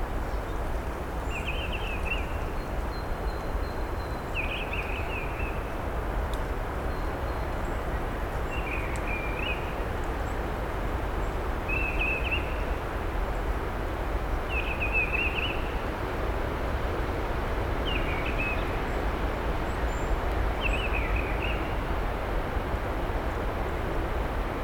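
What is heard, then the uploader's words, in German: Steady wind rumbles low and constant throughout, filling the background. Over it, a bird repeats a short, bright call every two to three seconds at a regular pace, with faint higher chirps from another bird early on. Relaxing nature ambient soundscape. Heute nehme ich Euch mit zu einem Waldweg an den Toren zum Nordschwarzwald. Heute war es recht windig, aber die ersten Rückkehrer unter den Vögeln sind schon zu hören.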